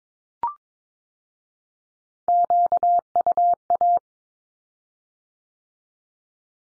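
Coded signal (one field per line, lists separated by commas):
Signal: Morse code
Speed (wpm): 22 wpm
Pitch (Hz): 700 Hz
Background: none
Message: QUA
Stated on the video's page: Morse Q-codes sent at 22 wpm as statement or question, then repeated after spoken meaning; code-learning drill.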